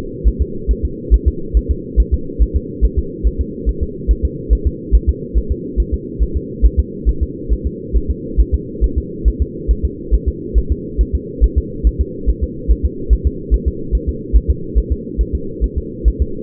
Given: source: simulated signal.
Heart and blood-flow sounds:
fetal heart sounds
0.28 s: S1
0.42 s: S2
0.71 s: S1
0.85 s: S2
1.14 s: S1
1.28 s: S2
1.57 s: S1
1.71 s: S2
2.00 s: S1
2.14 s: S2
2.42 s: S1
2.56 s: S2
2.85 s: S1
2.99 s: S2
3.27 s: S1
3.41 s: S2
3.69 s: S1
3.83 s: S2
4.11 s: S1
4.25 s: S2
4.53 s: S1
4.67 s: S2
4.95 s: S1
5.09 s: S2
5.38 s: S1
5.52 s: S2
5.80 s: S1
5.94 s: S2
6.23 s: S1
6.37 s: S2
6.66 s: S1
6.80 s: S2
7.09 s: S1
7.23 s: S2
7.53 s: S1
7.67 s: S2
7.96 s: S1
8.11 s: S2
8.40 s: S1
8.55 s: S2
8.84 s: S1
8.98 s: S2
9.28 s: S1
9.42 s: S2
9.71 s: S1
9.85 s: S2
10.14 s: S1
10.29 s: S2
10.58 s: S1
10.72 s: S2
11.01 s: S1
11.15 s: S2
11.44 s: S1
11.58 s: S2
11.87 s: S1
12.01 s: S2
12.29 s: S1
12.44 s: S2
12.71 s: S1
12.85 s: S2
13.13 s: S1
13.27 s: S2
13.54 s: S1
13.68 s: S2
13.95 s: S1
14.09 s: S2
14.36 s: S1
14.50 s: S2
14.78 s: S1
14.92 s: S2
15.21 s: S1
15.35 s: S2
15.64 s: S1
15.78 s: S2
16.08 s: S1
16.22 s: S2
From the record:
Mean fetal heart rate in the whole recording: 140 bpm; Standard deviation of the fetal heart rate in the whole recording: 2 bpm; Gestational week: 34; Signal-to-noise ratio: -4.3 dB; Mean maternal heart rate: 72 bpm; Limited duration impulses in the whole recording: absent

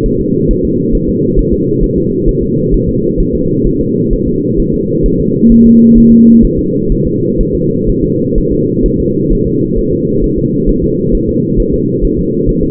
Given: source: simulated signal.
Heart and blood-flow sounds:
fetal heart sounds
0.06 s: S1
0.21 s: S2
0.51 s: S1
0.65 s: S2
0.95 s: S1
1.09 s: S2
1.39 s: S1
1.53 s: S2
1.84 s: S1
1.98 s: S2
2.29 s: S1
2.43 s: S2
2.74 s: S1
2.89 s: S2
3.20 s: S1
3.35 s: S2
3.67 s: S1
3.81 s: S2
4.13 s: S1
4.28 s: S2
4.60 s: S1
4.74 s: S2
5.06 s: S1
5.20 s: S2
5.52 s: S1
5.66 s: S2
5.98 s: S1
6.12 s: S2
6.45 s: S1
6.59 s: S2
6.92 s: S1
7.07 s: S2
7.41 s: S1
7.55 s: S2
7.89 s: S1
8.04 s: S2
8.38 s: S1
8.53 s: S2
8.86 s: S1
9.00 s: S2
9.32 s: S1
9.47 s: S2
9.78 s: S1
9.93 s: S2
10.24 s: S1
10.38 s: S2
10.69 s: S1
10.84 s: S2
11.15 s: S1
11.29 s: S2
11.60 s: S1
11.74 s: S2
12.05 s: S1
12.19 s: S2
12.49 s: S1
12.63 s: S2
From the record:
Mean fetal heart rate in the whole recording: 130 bpm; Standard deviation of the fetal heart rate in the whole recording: 4 bpm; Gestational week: 38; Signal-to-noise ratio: -11.2 dB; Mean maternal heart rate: 72 bpm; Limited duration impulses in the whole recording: present

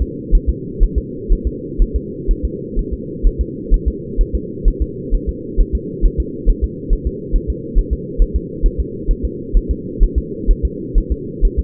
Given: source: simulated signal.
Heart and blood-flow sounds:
fetal heart sounds
0.02 s: S2
0.35 s: S1
0.49 s: S2
0.83 s: S1
0.98 s: S2
1.33 s: S1
1.47 s: S2
1.82 s: S1
1.96 s: S2
2.31 s: S1
2.45 s: S2
2.79 s: S1
2.93 s: S2
3.27 s: S1
3.41 s: S2
3.74 s: S1
3.88 s: S2
4.21 s: S1
4.35 s: S2
4.68 s: S1
4.82 s: S2
5.15 s: S1
5.29 s: S2
5.61 s: S1
5.75 s: S2
6.06 s: S1
6.20 s: S2
6.50 s: S1
6.64 s: S2
6.93 s: S1
7.07 s: S2
7.36 s: S1
7.50 s: S2
7.79 s: S1
7.93 s: S2
8.22 s: S1
8.36 s: S2
8.66 s: S1
8.80 s: S2
9.11 s: S1
9.25 s: S2
9.57 s: S1
9.71 s: S2
10.03 s: S1
10.18 s: S2
10.51 s: S1
10.65 s: S2
10.98 s: S1
11.12 s: S2
11.45 s: S1
11.59 s: S2
From the record:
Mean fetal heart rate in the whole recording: 130 bpm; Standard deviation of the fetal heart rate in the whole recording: 4 bpm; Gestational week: 38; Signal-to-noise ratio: -4.1 dB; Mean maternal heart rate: no maternal heart sound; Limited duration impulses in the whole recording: absent

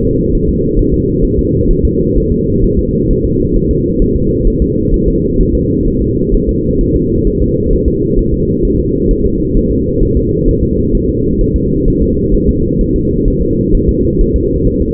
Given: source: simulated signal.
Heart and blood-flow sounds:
fetal heart sounds
0.05 s: S2
0.35 s: S1
0.49 s: S2
0.79 s: S1
0.94 s: S2
1.25 s: S1
1.39 s: S2
1.71 s: S1
1.85 s: S2
2.18 s: S1
2.32 s: S2
2.64 s: S1
2.79 s: S2
3.11 s: S1
3.25 s: S2
3.56 s: S1
3.71 s: S2
4.02 s: S1
4.16 s: S2
4.48 s: S1
4.62 s: S2
4.94 s: S1
5.08 s: S2
5.41 s: S1
5.55 s: S2
5.88 s: S1
6.02 s: S2
6.35 s: S1
6.49 s: S2
6.81 s: S1
6.96 s: S2
7.27 s: S1
7.42 s: S2
7.73 s: S1
7.88 s: S2
8.19 s: S1
8.34 s: S2
8.65 s: S1
8.80 s: S2
9.11 s: S1
9.26 s: S2
9.57 s: S1
9.71 s: S2
10.03 s: S1
10.17 s: S2
10.49 s: S1
10.63 s: S2
10.95 s: S1
11.09 s: S2
11.41 s: S1
11.56 s: S2
11.88 s: S1
12.02 s: S2
12.35 s: S1
12.49 s: S2
12.81 s: S1
12.96 s: S2
13.28 s: S1
13.42 s: S2
13.75 s: S1
13.89 s: S2
14.21 s: S1
14.36 s: S2
14.68 s: S1
14.82 s: S2
From the record:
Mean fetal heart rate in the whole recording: 130 bpm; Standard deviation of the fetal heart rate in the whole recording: 4 bpm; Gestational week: 38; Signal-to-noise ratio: -10.2 dB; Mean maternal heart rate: 72 bpm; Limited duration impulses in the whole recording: present

